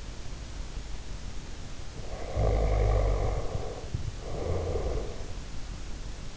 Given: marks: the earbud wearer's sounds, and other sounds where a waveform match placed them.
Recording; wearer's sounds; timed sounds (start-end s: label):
sounds in sleep by an in-ear microphone; snoring breath
2.18-5.37 s: snoring breath